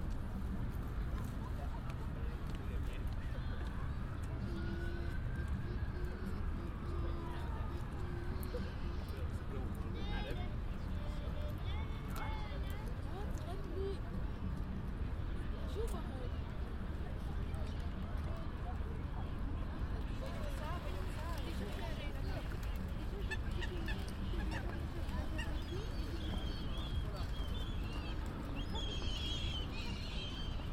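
A walk through Hyde Park toward the winter carnival, with a constant low rumble of traffic and crowd underneath. Voices chatter throughout, and goose-like honks and bird calls break through now and then. After about twenty seconds, brighter chirps and squeaks appear higher up.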